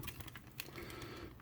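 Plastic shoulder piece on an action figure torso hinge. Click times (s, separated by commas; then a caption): 0.6 s. A plastic shoulder armor piece on a transforming action figure's torso hinge is rotated forward and upward, and small plastic ticks and scrapes build up. It clicks into its locked position with a sharp click at 0.6 seconds. No one talks during the clip.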